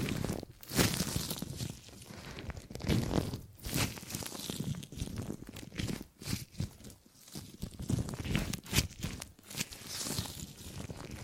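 Gripping and grabbing sounds come as dense, uneven crinkles and rustling scuffs, with sharp crunchy grabs near 1, 3.5, 6 and 9 seconds.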